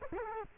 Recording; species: mosquito wingbeat signal from an infrared sensor; Culex quinquefasciatus